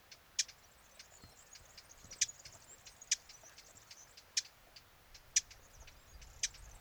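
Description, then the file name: Eurasian blackcap producing emphatic clicking tacks at irregular intervals of about a second, with quieter ticking notes around them. "Sylvia atricapilla"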